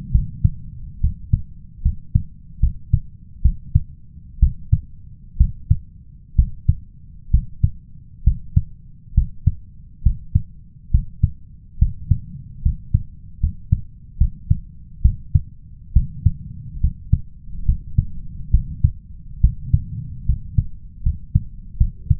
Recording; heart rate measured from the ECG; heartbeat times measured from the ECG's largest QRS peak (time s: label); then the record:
heart sounds by stethoscope; 69 bpm
0.11 s: heartbeat
1.00 s: heartbeat
1.82 s: heartbeat
2.60 s: heartbeat
3.42 s: heartbeat
4.39 s: heartbeat
5.37 s: heartbeat
6.35 s: heartbeat
7.30 s: heartbeat
8.23 s: heartbeat
9.14 s: heartbeat
10.02 s: heartbeat
10.91 s: heartbeat
11.78 s: heartbeat
12.62 s: heartbeat
13.40 s: heartbeat
14.17 s: heartbeat
15.01 s: heartbeat
15.93 s: heartbeat
16.80 s: heartbeat
17.65 s: heartbeat
18.50 s: heartbeat
19.40 s: heartbeat
20.25 s: heartbeat
21.03 s: heartbeat
21.77 s: heartbeat
From the record:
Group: healthy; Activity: rest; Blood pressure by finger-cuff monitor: 96/63 mmHg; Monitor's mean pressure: 73 mmHg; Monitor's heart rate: 67 bpm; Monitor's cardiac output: 5.3 L/min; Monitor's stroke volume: 78 mL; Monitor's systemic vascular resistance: 1020 dyn s/cm5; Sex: male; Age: 21 years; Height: 170 cm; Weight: 71 kg